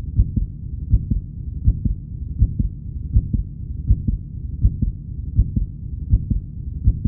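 A steady, regular heartbeat at a medium tempo of about 80 beats per minute, each beat a low thudding double sound.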